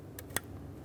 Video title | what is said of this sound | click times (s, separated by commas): How to Replace Ignition Coils 2011-2021 Jeep Grand Cherokee (3.6L V6) | after you've heard the click a light tug lock it down with a red locking tab we'll lock down this as well | 0.4 s